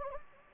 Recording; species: mosquito wingbeat signal from an infrared sensor; Anopheles gambiae